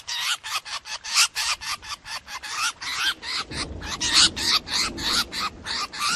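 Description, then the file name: Drongo distress calls: rapid, rasping screeches repeated steadily, with a faint low rumble in the background midway. Distress call (calling for help), used for luring. "Tieng cheo beo keu cuu"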